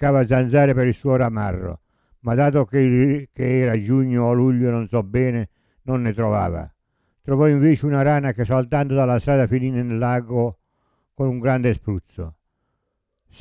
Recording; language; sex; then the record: read passage; Italian; male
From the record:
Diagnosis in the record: Parkinson's disease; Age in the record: 70 years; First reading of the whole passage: 65 s, 7.9 characters per second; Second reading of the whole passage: 60 s, 8.6 characters per second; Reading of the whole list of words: 48 s, 5.8 characters per second